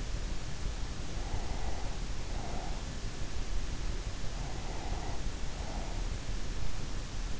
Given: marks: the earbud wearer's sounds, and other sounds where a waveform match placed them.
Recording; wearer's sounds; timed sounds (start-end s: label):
sounds in sleep by an in-ear microphone; breath
1.26-3.43 s: breath
4.49-6.66 s: breath